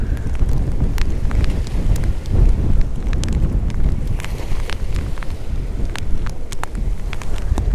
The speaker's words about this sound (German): Das Unwetter.